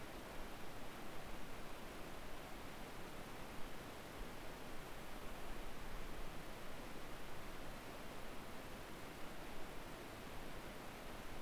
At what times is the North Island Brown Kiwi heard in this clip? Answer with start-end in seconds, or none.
none